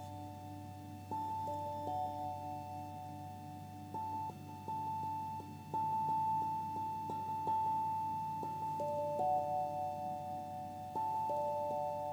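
Crystal and Tibetan bowls ring in steady, sustained tones, with several pitches layered in the middle range. The notes shift and restart often, some held for a few seconds and others changing quickly, over a constant low hum. It grows slightly louder after the first second.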